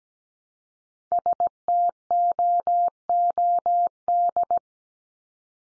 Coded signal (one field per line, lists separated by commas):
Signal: Morse code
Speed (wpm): 17 wpm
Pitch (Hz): 700 Hz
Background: none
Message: STOOD